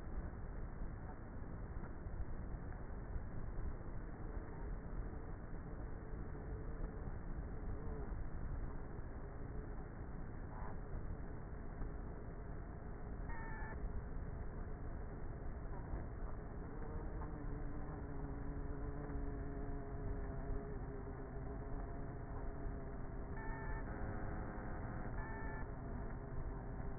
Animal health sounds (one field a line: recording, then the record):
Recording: honeybee colony, microphone inside the hive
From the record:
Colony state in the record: queenless with a low population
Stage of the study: before two queens were removed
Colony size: about 30,000 bees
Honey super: no